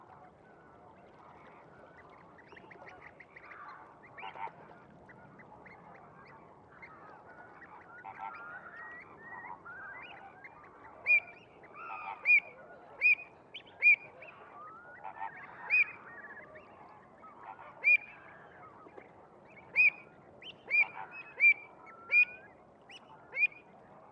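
A continuous murmur of greater flamingos surrounds the listener, a dense mass of goose-like honks and gabbling calls. In the second half, louder, sharper honks stand out above the chatter, coming every second or two until the end.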